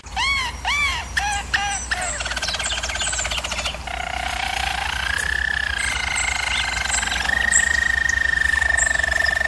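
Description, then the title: Canary starts with repeated arched whistles, then moves into continuous rolling trills at shifting pitches. Canary singing, for canary training. "German Roller Canary Singing - Canary Training Vid"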